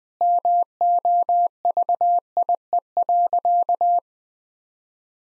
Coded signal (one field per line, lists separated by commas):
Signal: Morse code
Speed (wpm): 21 wpm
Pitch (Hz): 700 Hz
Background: none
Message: MOVIE.